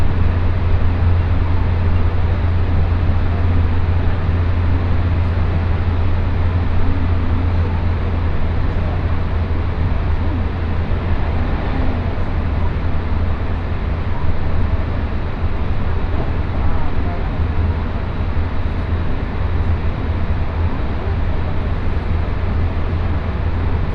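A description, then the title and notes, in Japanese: A rapid commuter train heard from inside, running steadily at speed. A deep, constant rumble dominates the low end, with a dense rushing wash of wheel and track noise above it that stays even in loudness throughout, with no stops or announcements. 耳で楽しむ鉄道旅 東海道本線新快速 草津→新大阪。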